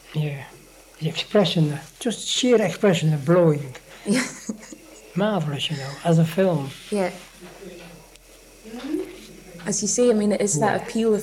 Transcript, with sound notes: Yeah. The expression. Just sheer expression'd blow you.
Yes. [laughs]
Marvellous you know. As a film.
Yeah. As you say I mean, it is that appeal.